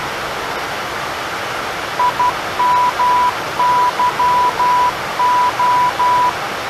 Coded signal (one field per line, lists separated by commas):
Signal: Morse code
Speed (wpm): 12 wpm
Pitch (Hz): 990 Hz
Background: none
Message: IMYO